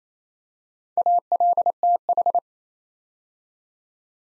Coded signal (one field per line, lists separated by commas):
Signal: Morse code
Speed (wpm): 27 wpm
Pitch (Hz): 700 Hz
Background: none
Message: ALTH